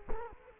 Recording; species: mosquito wingbeat signal from an infrared sensor; Culex quinquefasciatus